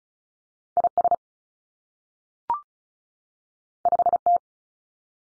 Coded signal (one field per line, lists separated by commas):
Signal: Morse code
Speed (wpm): 36 wpm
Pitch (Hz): 700 Hz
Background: none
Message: I S 5 T